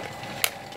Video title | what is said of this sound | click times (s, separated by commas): Tutorial Backwash dan Fast Rinse - Prinsip Kerja Filter Air Bersih | ini perpindahannya kalau pas setiap posisi klip ya Itu bunyi klik nanya | 0.4 s